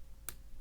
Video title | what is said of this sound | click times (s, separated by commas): [279] Almont "ReKey" Padlock Picked and Gutted | And when that click happened, the wire dropped in just a little bit further. | 0.3 s